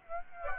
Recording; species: mosquito wingbeat signal from an infrared sensor; Aedes aegypti